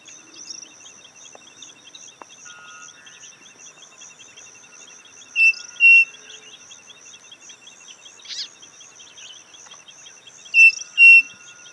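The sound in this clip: Bird call: a pair of level whistled notes, short then longer, heard twice about five seconds apart, against a steady shrill insect chorus.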